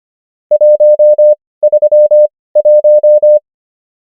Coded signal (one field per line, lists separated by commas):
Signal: Morse code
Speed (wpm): 25 wpm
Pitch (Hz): 600 Hz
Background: none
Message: 131